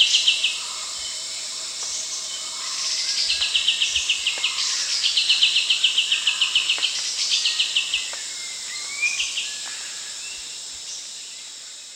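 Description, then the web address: Grey-cheeked bulbul calls, rapid runs of short high notes about four per second with a few downslurred notes, over a steady buzz of insects. Recorded at Danum on 1 April 2006. "DANUM 20060401 grey-cheeked bulbul"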